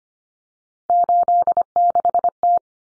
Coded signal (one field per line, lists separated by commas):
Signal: Morse code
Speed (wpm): 25 wpm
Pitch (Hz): 700 Hz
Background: none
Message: 86T